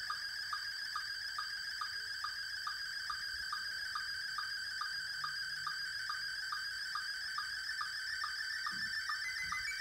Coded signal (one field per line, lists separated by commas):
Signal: SSTV (slow-scan television)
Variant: Scottie 1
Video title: SSTV using Raspberry pi